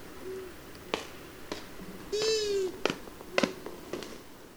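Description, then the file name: Long-eared owl calls: a short soft tonal note, then a longer drawn-out nasal wail with rich overtones, mixed with several sharp clicks and taps. "Hibou moyen duc"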